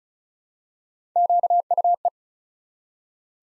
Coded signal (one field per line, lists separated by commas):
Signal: Morse code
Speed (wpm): 34 wpm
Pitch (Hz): 700 Hz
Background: none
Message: QUE